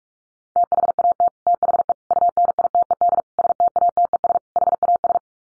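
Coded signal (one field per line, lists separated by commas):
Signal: Morse code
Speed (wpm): 44 wpm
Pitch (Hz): 700 Hz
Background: none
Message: THAT THE UNITED STATES HAS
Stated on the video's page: Morse practice drill of common 5-word sets at 45 wpm, each sent twice around a spoken version, for head-copy.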